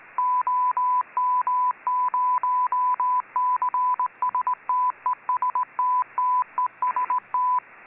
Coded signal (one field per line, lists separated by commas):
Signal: Morse code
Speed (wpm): 18 wpm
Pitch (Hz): 1000 Hz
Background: none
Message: OM0CSTESTTEST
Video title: PART 1: Working UHF Contest (ICOM IC-9700 + 8-ele.YAGI)